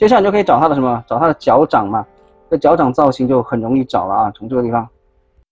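A plastic foot piece is being handled to fit onto the leg of a Bloks Transformers G1 series buildable action figure while someone talks throughout. No click is heard, and the foot has not yet seated or clicked into place.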